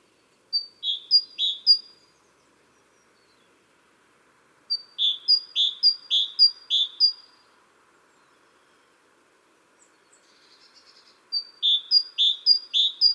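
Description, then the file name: Great tit giving three bursts of several quick, high, ringing two-part notes, separated by pauses of a few seconds. "Parus major"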